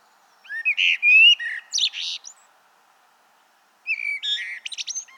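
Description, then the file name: Common blackbird song: two bursts of melodious warbling with scratchy high flourishes, a pause of over a second between them. "Turdus merula"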